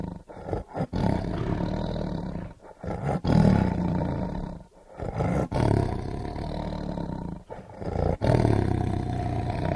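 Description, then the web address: Tiger roaring, deep rumbling roars in long bouts broken by brief pauses, rising and falling in loudness throughout. "big cats|tigers"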